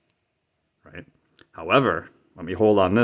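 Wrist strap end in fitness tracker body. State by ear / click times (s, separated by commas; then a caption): released / 0.1 s. A Fitbit Charge 5 wrist strap end comes loose from the fitness tracker body after being pulled; it shifts and the latch lets go, giving a sharp click at 0.1 s. Someone talks after the click, and the strap end is released, showing it detaches too easily.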